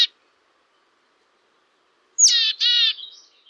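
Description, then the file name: Willow tit giving two harsh, buzzy, nasal notes, followed by a fainter trailing note, after a long silence. Alarm call. "homotiaisen-varoitusaanta janerikbruun"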